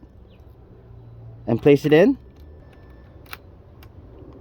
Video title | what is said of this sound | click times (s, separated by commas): How to install Thule T2 Pro XTR | Now it's locked into place. | 3.3 s